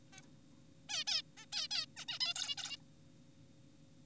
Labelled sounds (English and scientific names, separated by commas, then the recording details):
Zebra Finch (Taeniopygia guttata)
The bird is an adult
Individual g4p5U